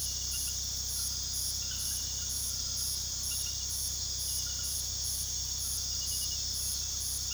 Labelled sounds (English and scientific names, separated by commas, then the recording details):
none
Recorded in pastures near Puerto Asís, Putumayo, Colombia, on 20 February 2024 at 02:00
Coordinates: 0.486, -76.323
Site G6462